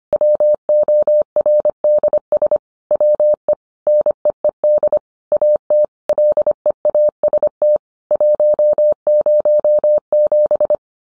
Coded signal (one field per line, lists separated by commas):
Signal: Morse code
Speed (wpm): 25 wpm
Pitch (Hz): 600 Hz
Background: none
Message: WORDS WE NEED AT LEAST 107